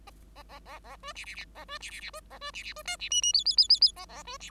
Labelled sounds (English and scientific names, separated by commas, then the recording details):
Bengalese Finch (Lonchura striata domestica) song
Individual Bird5